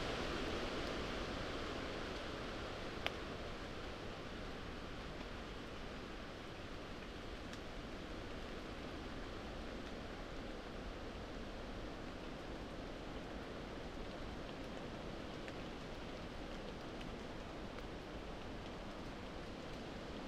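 Rain falls steadily onto wide, waxy leaves, a dense, even hiss with a few sharp drop ticks, one near three seconds.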